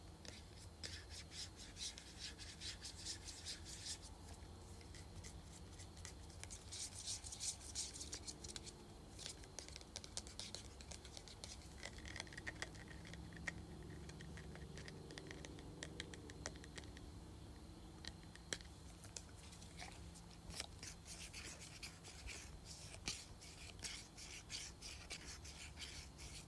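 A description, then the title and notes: A spray bottle rattles with fast, dense clicking as it is shaken, broken by short bright hissing sprays near the start and around eight seconds. ASMR Shaking and Spraying Spray Bottle.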